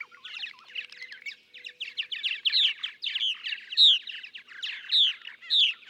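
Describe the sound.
Purple martin song of bubbling, chattering notes, starting soft and growing stronger with clear slurred chirps toward the end.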